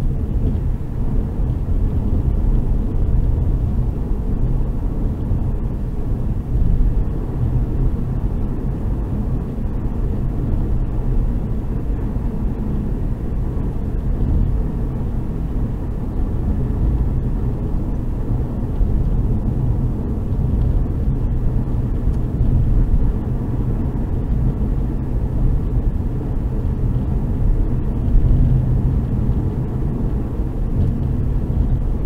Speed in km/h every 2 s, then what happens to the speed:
113, 115, 118, 120, 122, 122, 121, 120, 118, 117, 118, 119, 119, 119, 119, 119.
0-8 speeds up to 122. 8-32 steady at about 119.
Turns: none.